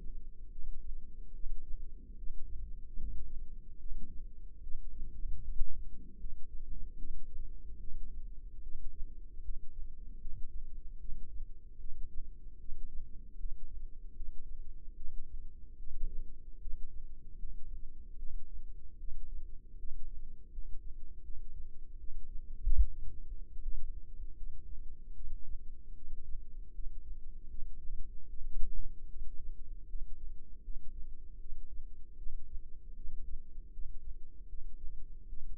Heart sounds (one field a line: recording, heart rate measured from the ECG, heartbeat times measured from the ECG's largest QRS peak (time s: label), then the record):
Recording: heart sounds by microphone in the left ear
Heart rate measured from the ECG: 76 bpm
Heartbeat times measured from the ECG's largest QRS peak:
0.49 s: heartbeat
1.32 s: heartbeat
2.15 s: heartbeat
2.95 s: heartbeat
3.77 s: heartbeat
4.60 s: heartbeat
5.41 s: heartbeat
6.17 s: heartbeat
6.96 s: heartbeat
7.77 s: heartbeat
8.60 s: heartbeat
9.42 s: heartbeat
10.18 s: heartbeat
10.97 s: heartbeat
11.77 s: heartbeat
12.57 s: heartbeat
13.37 s: heartbeat
14.13 s: heartbeat
14.94 s: heartbeat
15.76 s: heartbeat
16.58 s: heartbeat
17.36 s: heartbeat
18.16 s: heartbeat
18.97 s: heartbeat
19.76 s: heartbeat
20.50 s: heartbeat
21.22 s: heartbeat
21.97 s: heartbeat
22.78 s: heartbeat
23.59 s: heartbeat
24.34 s: heartbeat
25.13 s: heartbeat
25.93 s: heartbeat
26.71 s: heartbeat
27.47 s: heartbeat
28.27 s: heartbeat
29.07 s: heartbeat
29.87 s: heartbeat
30.61 s: heartbeat
31.38 s: heartbeat
32.15 s: heartbeat
32.93 s: heartbeat
33.70 s: heartbeat
34.46 s: heartbeat
35.26 s: heartbeat
From the record:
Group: healthy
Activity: rest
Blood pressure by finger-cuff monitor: 99/60 mmHg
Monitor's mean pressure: 73 mmHg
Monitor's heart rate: 76 bpm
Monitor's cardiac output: 6.5 L/min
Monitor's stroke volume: 86 mL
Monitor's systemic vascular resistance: 810 dyn s/cm5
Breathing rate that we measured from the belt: 17 breaths a minute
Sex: female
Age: 19 years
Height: 163 cm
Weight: 48.9 kg